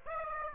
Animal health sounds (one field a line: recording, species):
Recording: mosquito wingbeat signal from an infrared sensor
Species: Aedes aegypti